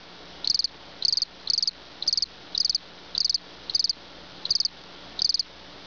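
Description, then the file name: Insect chirps, high and pulsed, each burst a quick run of ticks, repeated steadily about twice a second over a quiet low background hum. "insetti insect"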